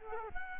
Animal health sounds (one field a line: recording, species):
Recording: mosquito wingbeat signal from an infrared sensor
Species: Culex quinquefasciatus